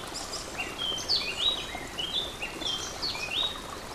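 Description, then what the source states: Warbler song, a lively run of quick, sweeping whistled notes rising and falling in pitch, phrased in short bursts over a steady background rush of flowing water. Recorded beside a stream on 24 April 2015 with an MZ-N710 recorder.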